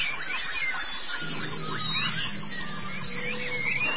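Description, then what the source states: White-eye song, very high, busy twittering with some lower whistled notes and a faint low hum beneath. Chirping song.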